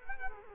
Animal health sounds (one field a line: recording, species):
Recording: mosquito wingbeat signal from an infrared sensor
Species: Culex quinquefasciatus